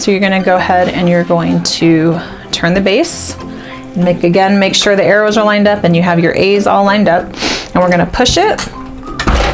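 A button press handle is pushed down onto the plastic die base with the A arrows lined up, seating with one definite click at 9.2 s. Before that, someone talks over background music.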